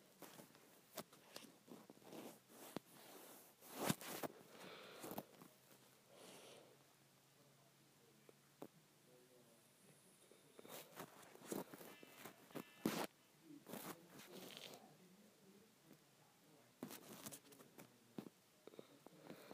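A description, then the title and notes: Crisp rustling and scrunching of fabric comes in irregular bursts, busiest in the first five seconds and again from about 11 to 18 seconds. Quieter stretches between hold faint soft handling sounds, with brief sharp snaps standing out near 4 and 13 seconds. ASMR Satisfying Scrunchie Sounds.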